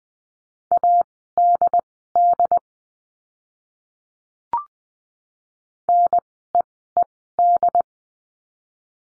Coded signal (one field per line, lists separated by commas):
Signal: Morse code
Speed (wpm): 20 wpm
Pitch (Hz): 700 Hz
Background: none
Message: ADD NEED